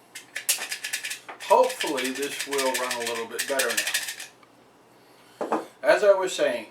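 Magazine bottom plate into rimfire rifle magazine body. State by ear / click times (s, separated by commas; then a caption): seated / 0.4 s. A Sig 522 rimfire rifle magazine's spring is pressed down with an Allen wrench until the bottom plate snaps into place on the magazine body, with a sharp snap at 0.4 s among a few light rattling clicks. The bottom plate is seated, and then someone talks.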